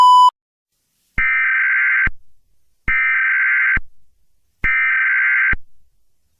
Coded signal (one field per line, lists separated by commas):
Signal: Emergency Alert System (SAME) tones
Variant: header bursts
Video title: eas scenario catemojibabyheat part 29 in the city